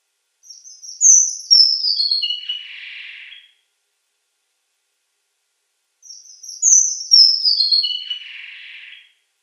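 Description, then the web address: Red avadavat song: a high descending twittered phrase sliding into a softer buzzy ending, given twice about five seconds apart. "Schulze Peter Red Avadavat"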